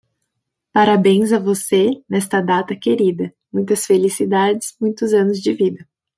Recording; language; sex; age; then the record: short text; Brazilian Portuguese; female; 20 to 29 years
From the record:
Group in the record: control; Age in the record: 23 years